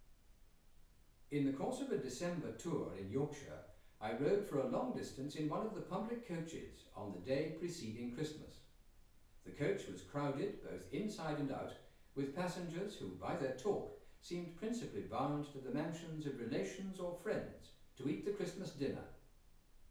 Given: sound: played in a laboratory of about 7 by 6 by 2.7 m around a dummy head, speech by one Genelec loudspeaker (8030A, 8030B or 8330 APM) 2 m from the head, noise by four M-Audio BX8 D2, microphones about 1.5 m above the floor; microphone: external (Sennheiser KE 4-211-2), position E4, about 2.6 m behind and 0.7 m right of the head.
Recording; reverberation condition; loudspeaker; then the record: male speech in English; medium; 30 degrees to the right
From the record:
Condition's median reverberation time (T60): about 510 ms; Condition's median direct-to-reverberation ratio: about -0.5 dB